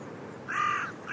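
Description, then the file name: Carrion crow giving a single harsh, hoarse caw lasting about half a second, over a quiet background. "Corvus corone"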